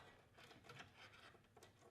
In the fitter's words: this one doesn't seem to be quite locked